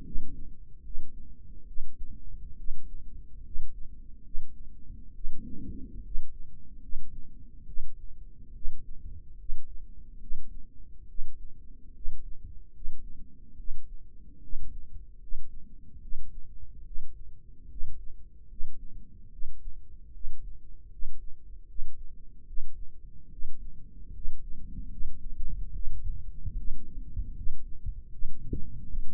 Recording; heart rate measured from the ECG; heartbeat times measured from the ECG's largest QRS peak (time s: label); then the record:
heart sounds by microphone in the right ear; 73 bpm
0.04 s: heartbeat
0.82 s: heartbeat
1.66 s: heartbeat
2.57 s: heartbeat
3.43 s: heartbeat
4.23 s: heartbeat
5.14 s: heartbeat
6.02 s: heartbeat
6.81 s: heartbeat
7.66 s: heartbeat
8.53 s: heartbeat
9.37 s: heartbeat
10.20 s: heartbeat
11.08 s: heartbeat
11.93 s: heartbeat
12.73 s: heartbeat
13.57 s: heartbeat
14.41 s: heartbeat
15.19 s: heartbeat
16.01 s: heartbeat
16.84 s: heartbeat
17.68 s: heartbeat
18.48 s: heartbeat
19.31 s: heartbeat
20.12 s: heartbeat
20.90 s: heartbeat
21.67 s: heartbeat
22.46 s: heartbeat
23.30 s: heartbeat
24.12 s: heartbeat
24.89 s: heartbeat
25.73 s: heartbeat
26.56 s: heartbeat
27.34 s: heartbeat
28.10 s: heartbeat
28.87 s: heartbeat
From the record:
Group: healthy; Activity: rest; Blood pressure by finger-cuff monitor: 88/58 mmHg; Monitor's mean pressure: 66 mmHg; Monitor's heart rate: 72 bpm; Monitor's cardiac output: 5.6 L/min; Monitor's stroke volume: 78 mL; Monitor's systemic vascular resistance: 840 dyn s/cm5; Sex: female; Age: 22 years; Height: 163 cm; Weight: 67.1 kg